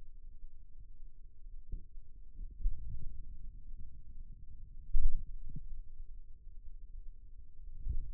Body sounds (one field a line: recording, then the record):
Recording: forearm muscle sounds (acoustic myography)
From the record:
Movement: finger pinch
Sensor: system 2, bracelet of six BSWA MPA416 microphones around the upper forearm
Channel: 4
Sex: male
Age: 22 years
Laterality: right